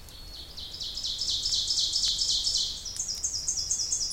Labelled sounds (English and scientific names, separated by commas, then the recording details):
Ovenbird (Seiurus aurocapilla) song
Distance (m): 20 m
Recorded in boreal forest in Alberta, Canada, on 26 May 2016 at 07:51
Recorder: SongMeter 3, array SBT-3-15
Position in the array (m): 53 m, 223 m
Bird 20